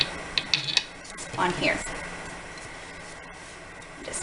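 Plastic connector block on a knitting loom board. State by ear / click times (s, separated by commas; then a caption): seated / 0.0 s, 0.4 s, 0.5 s, 0.8 s. Small plastic connector blocks are pressed onto a knitting loom board, giving a quick run of short, sharp ticks at 0.0, 0.4, 0.5 and 0.8 seconds as they snap into place. Someone talks over a faint background hiss. The blocks seat easily on the board.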